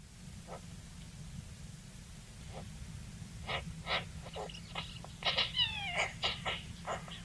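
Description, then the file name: Eurasian magpie giving scattered harsh, scratchy notes and a few thin descending squeaks, growing busier in the second half over a steady low rumble. "Pica pica"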